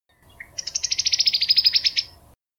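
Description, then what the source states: Cowbird chatter call: a fast, dry rattle of many sharp, high notes packed into roughly one and a half seconds, led by a single short note. Chatter call, a rattle-like vocalization; seems not geographically variable, apparently not learned; nestling cowbirds raised by song sparrows or Acadian flycatchers recognise it, raising heads and opening beaks.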